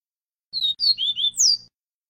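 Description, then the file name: Double-collared seedeater song, one quick phrase of five high slurred whistles, ending with a brighter note sweeping down, over a faint low hum. Song in the style called viviti. "Canto do papa capim viviti"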